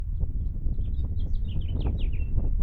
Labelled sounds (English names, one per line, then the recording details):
House Finch song
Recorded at Point Lookout on Long Island, New York, on 2 June 1975
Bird B